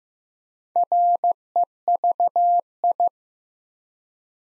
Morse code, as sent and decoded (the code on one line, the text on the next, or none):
.-. . ...- ..
REVI